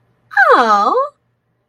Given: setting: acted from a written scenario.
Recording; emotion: vocal sound without words; positive surprise